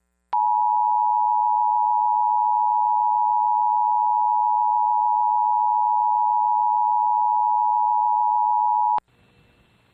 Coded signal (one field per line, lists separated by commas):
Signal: Emergency Alert System (SAME) tones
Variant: 853 and 960 Hz attention tone